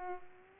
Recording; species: mosquito wingbeat signal from an infrared sensor; Culex pipiens